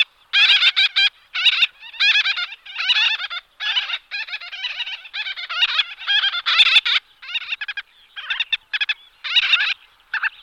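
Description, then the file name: Gull-billed tern calls, rasping and nasal, running almost continuously in dense bursts. "rybák-černozobý"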